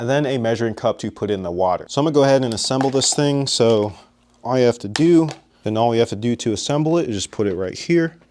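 Someone talks while the upper handle section of a Bissell PowerFresh Vac & Steam steam mop is brought to the plastic cleaner base to be pushed down into it during assembly. Nothing has seated or clicked yet; the handle has not snapped into the base by the end of the clip.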